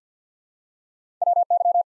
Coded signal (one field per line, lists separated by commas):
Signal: Morse code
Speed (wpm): 47 wpm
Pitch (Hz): 700 Hz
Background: none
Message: WY